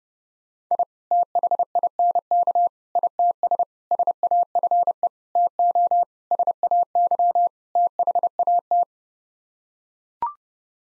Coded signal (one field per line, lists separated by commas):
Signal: Morse code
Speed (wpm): 29 wpm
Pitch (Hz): 700 Hz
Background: none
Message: I THINK ITS SAFE TO SAY THAT